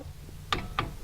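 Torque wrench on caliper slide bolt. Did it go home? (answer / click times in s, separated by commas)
yes / 0.5 s, 0.8 s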